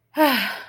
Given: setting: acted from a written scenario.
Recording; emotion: vocal sound without words; relief